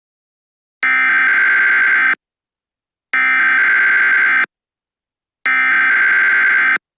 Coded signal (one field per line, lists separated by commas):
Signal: Emergency Alert System (SAME) tones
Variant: header bursts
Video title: EAS Mock: Tornado Warning